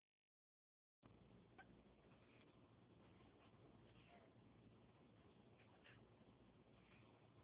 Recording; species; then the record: mosquito flight sound by mobile phone; Anopheles gambiae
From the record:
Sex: male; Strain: Kisumu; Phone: Huawei 866C